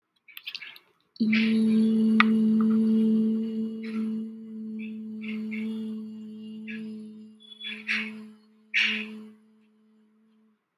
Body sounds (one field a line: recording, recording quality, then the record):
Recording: sustained vowel as in beet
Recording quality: moderate, slight background noise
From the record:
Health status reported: healthy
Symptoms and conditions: none ticked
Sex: female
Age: 20 years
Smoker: not ticked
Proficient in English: yes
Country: India